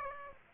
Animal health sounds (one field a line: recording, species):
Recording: mosquito wingbeat signal from an infrared sensor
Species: Aedes aegypti